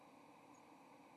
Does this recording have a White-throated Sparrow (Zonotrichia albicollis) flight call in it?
no